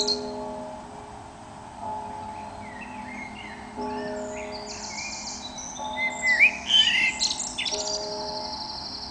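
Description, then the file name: Eurasian blackbird song, mostly soft, with brief warbled whistles and a louder burst of fluty notes and high twitters near the end, against steady background hum. "Turdus merula"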